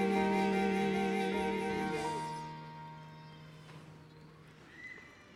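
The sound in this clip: Sheep: lamb bleat, one long wavering, quavering cry lasting about two seconds, then fading into a steady low tone and faint background noise.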